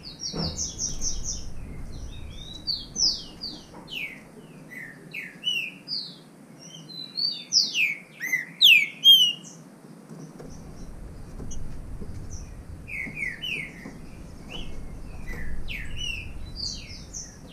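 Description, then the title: Green-winged saltator song: slurred whistled notes, loudest around the middle, with higher chirps throughout. Bird named Nicão singing in the bush, in a song contest with a free-living wild bird. "Trinca Ferro NICÃO No Mato Disputando Com Solto"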